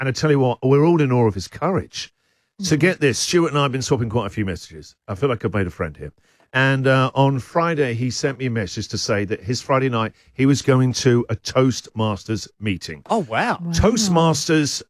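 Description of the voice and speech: An adult male radio host speaking with normal, fluent conversational speech and short pauses between phrases.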